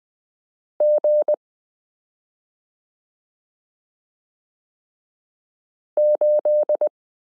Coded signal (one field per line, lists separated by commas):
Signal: Morse code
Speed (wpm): 20 wpm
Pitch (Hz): 600 Hz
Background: none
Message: G8